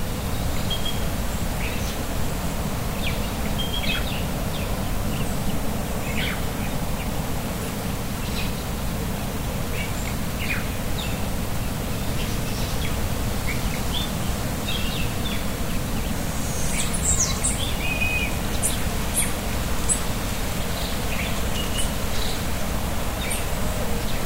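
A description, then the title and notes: Birds chirp in short, scattered calls across a steady outdoor hush, with a low rumbling wash underneath throughout. The calls are mostly thin, growing brighter and busier around the seventeen-second mark with a few sharp, high chirps clustered together. Quiet Jungle in Puerto Rico.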